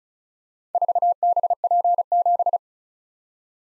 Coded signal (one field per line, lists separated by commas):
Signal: Morse code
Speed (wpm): 36 wpm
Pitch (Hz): 700 Hz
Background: none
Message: 4BP7